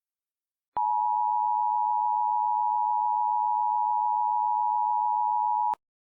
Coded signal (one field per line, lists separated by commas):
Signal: Emergency Alert System (SAME) tones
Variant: 853 and 960 Hz attention tone